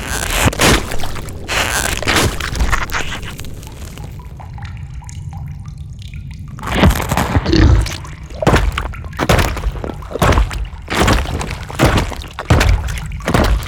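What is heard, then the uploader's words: A wet cave ambience of dripping and splashing water over a low, steady rumble. Sharp drips and wet crackles come in quick, irregular clusters, falling away to a quieter murmur between about four and seven seconds before picking up again. Mysterious background sounds such as dark underground rivers and wet cave ambiences. All sound effects have been created using field recordings in order to add an authentic organic feel.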